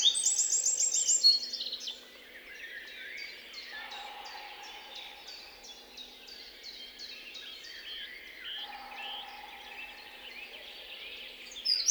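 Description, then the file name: Eurasian wren, a loud trill at the start, then softer, quicker high notes repeated rapidly, with a faint steady low tone in the background. "Troglodytes troglodytes"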